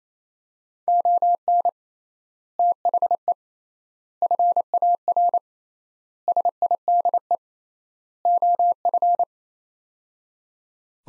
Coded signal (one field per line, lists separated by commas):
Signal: Morse code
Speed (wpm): 28 wpm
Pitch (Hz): 700 Hz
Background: none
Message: ON THE FAR SIDE OF